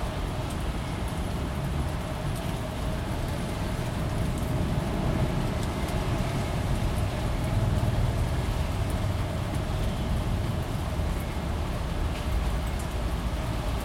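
A city storm rolls on as a thick, steady roar, heavy and low like rushing wind mixed with traffic. The level barely changes. Faint, scattered ticks and patters of rain sit high above the rumble throughout.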